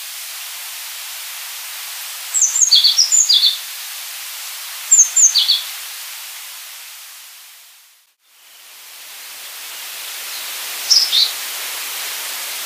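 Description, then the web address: African blue tit calls, brief clusters of high, thin notes in three bursts against a hissing background, with a short break in the sound midway. Tenerife, Canary Islands. "wroblowe ptaki cyanistes teneriffae"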